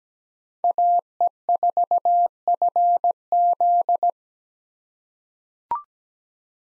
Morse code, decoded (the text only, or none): AE4FZ